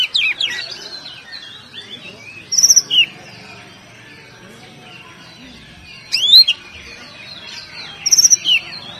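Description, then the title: Oriental magpie-robin song: varied whistled phrases with high, sharply rising notes, delivered in bursts a few seconds apart against quiet background. "Kacer"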